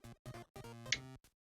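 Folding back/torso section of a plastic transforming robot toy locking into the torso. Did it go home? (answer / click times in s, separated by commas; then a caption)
yes / 0.9 s. The folded back section of a plastic transforming robot toy is accordioned up and pressed against the torso while music plays. A sharp click at 0.9 s cuts through the music as the section locks into place and holds the torso together.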